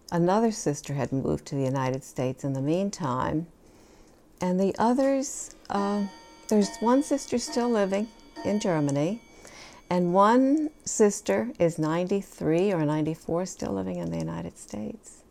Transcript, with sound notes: another sister had moved to the United States in the meantime. And the others, (a clock chimes) there's one sister still living in Germany, and one sister is ninety-three or ninety-four, still living in the United States,